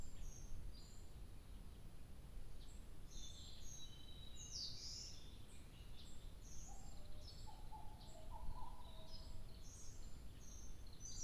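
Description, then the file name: Bird chorus with a sharp bright chirp near the middle, then a short low whistled phrase, thin high notes throughout and a low rumble beneath. 2 July 2023. "birdsong 20230702"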